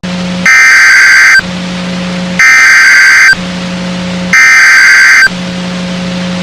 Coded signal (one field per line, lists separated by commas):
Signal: Emergency Alert System (SAME) tones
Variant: header bursts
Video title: Six Severe Thunderstorm Warnings (EAS 2328-2333) 6/10/23